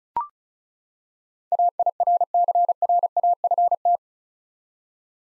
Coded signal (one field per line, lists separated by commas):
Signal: Morse code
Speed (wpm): 36 wpm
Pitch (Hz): 700 Hz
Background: none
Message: AIRCRAFT